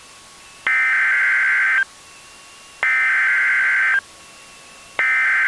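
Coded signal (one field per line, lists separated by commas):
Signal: Emergency Alert System (SAME) tones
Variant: header bursts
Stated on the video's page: Mock severe thunderstorm EAS event, using borrowed NOAA Weather Radio EAS tone endings.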